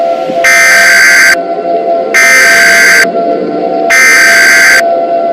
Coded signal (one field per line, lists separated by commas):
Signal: Emergency Alert System (SAME) tones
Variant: header bursts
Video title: EAS Scenario: Trouble In Motown